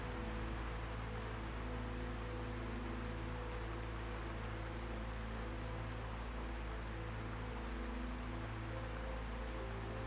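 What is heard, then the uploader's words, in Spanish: Held low notes of a slow, soothing melody sit beneath a constant, dense hiss like steady rain, with a deep rumble running underneath. The notes shift only slightly across the ten seconds, and the loudness stays level throughout, without sudden cracks. Trueno, mezclado con la dulzura de melodías relajantes.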